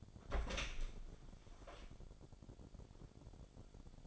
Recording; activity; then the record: daily activity, microphone in the room; open door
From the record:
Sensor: 5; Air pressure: 1007.3 hPa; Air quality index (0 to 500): 165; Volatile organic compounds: 4 ppm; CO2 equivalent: 1580 ppm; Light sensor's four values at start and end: 55/157/61/61 and 56/160/62/62